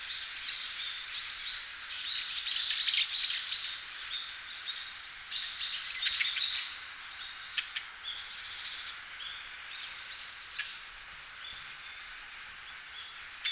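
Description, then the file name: Red-flanked bluetail calling with brief high thin notes, repeated irregularly every few seconds, against continuous hissing background noise. "ruribitaki"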